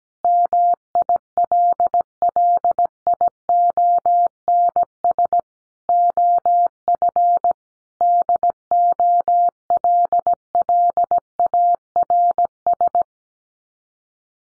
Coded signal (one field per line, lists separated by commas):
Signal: Morse code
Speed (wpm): 17 wpm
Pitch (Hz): 700 Hz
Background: none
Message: MILLIONS OF DOLLARS